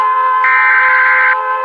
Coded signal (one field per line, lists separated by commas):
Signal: Emergency Alert System (SAME) tones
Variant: header bursts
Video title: Eas Alarms 100 Millon Countrys